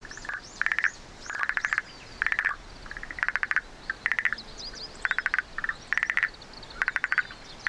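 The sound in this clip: Frog calls as rapid pulsed, buzzy bursts repeated in an uneven series, with several faint high bird-like chirps and whistles behind them.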